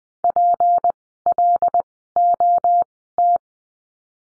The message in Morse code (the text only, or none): PLOT